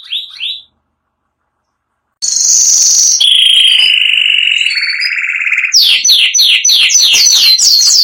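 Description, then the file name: Canary singing: a short chirp, then a silent gap, then loud continuous trills and rolls that end in rapid descending repeated notes. Song (canto). "canto do canario giboso espanhol"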